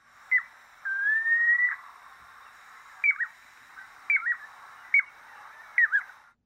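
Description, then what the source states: Piping Plover calls: a short peep, then one long, slightly rising clear whistle, then short piping peeps with quick downward inflections, about one per second. Shorebird; numbers on the South Shore greatly reduced.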